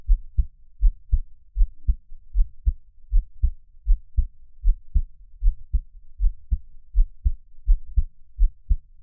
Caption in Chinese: 獻上我的心跳 | Give my Heartbeat | NO Talking。